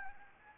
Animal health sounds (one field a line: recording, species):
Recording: mosquito wingbeat signal from an infrared sensor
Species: Anopheles gambiae